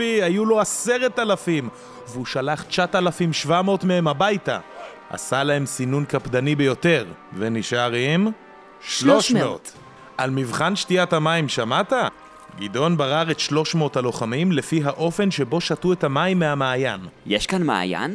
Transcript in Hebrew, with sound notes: היו לו 10,000 והוא שלח 9,700 מהם הביתה! עשה להם סינון קפדני ביותר! ונשאר עם? 300! (אומרים ביחד) על מבחן שתיית המים שמעת? גדעון בָּרַר את 300 הלוחמים לפי האופן שבו שתו את המים מהמעיין
יש כאן מעיין?